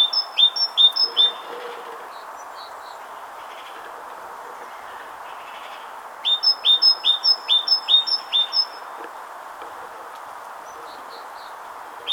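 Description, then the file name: Great tit song in two bursts: a short run of high-low two-note phrases, a long pause with faint bird notes, then a longer run of phrases. "Parus major"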